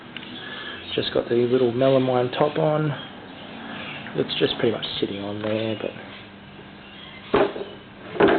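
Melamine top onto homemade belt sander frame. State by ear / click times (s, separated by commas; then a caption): seated / 7.3 s. A melamine top is pressed onto the frame of a homemade belt sander while someone talks. It sits loosely at first, then snaps into place with a single sharp hit at 7.3 s, and the top is seated.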